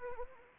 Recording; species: mosquito wingbeat signal from an infrared sensor; Anopheles arabiensis